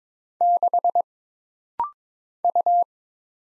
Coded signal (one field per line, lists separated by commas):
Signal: Morse code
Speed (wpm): 22 wpm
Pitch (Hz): 700 Hz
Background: none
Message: 6 U